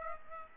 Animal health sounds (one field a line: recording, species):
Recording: mosquito wingbeat signal from an infrared sensor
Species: Aedes aegypti